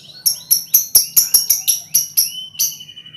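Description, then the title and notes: Lovebird chattering song: a rapid, even series of about ten sharp, shrill high chirps, roughly four per second, with a thin whistle at the end. Lovebird ngekek song, used as a lure song (kicau pancingan). "Master Kicau Lovebird ngekek, kicau pancingan"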